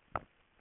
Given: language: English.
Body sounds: throat vibration sensor signal played as sound; swallow

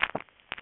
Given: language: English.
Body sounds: throat vibration sensor signal played as sound; swallow

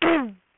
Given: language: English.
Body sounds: throat vibration sensor signal played as sound; throat clearing

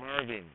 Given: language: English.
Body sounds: throat vibration sensor signal played as sound; speech

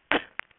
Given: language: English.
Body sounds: throat vibration sensor signal played as sound; cough

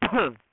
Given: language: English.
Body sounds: throat vibration sensor signal played as sound; cough

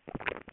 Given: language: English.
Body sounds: throat vibration sensor signal played as sound; swallow

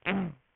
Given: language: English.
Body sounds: throat vibration sensor signal played as sound; throat clearing

